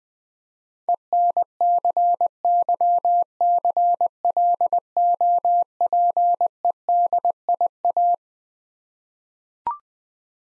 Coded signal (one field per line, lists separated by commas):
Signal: Morse code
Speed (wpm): 20 wpm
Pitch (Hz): 700 Hz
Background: none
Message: ENCYCLOPEDIA